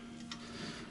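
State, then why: Not seated. The lock handle on the plow frame of a Glacier PRO plow mount on the front of a 2018 Polaris Sportsman 1000 XP Hunter ATV is being pressed down to lock it, after the winched-up frame snapped onto the locking tabs; this locking step keeps the plow from coming loose. A steady low hum runs throughout, with a brief sharp broadband tick at 0.3 s. Nothing has seated or clicked yet; the clip ends just before the part goes home.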